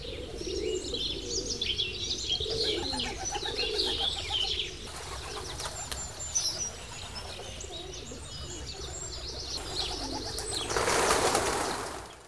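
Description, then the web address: Birds singing with busy high chirps and twitters against steady background noise, and a loud hissing rush near the end. Birds recorded at a pond. "best service Blue Box birds"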